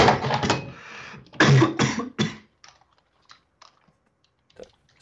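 A quick run of harsh, explosive coughs from an adult man, then a quiet room.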